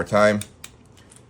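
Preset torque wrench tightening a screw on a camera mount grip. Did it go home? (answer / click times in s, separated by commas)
yes / 0.6 s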